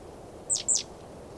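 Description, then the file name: Great tit calls: two sharp, high notes sweeping steeply downward in quick succession, over a low steady background hiss. "Parus major"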